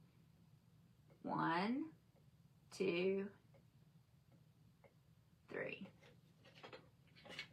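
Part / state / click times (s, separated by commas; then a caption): device into its charging dock / not seated / none. Someone talks while a small device is handled next to its charging dock, with faint scrapes and a brief tap near 6.7 s. The device has not yet popped into the dock, and nothing has seated or clicked.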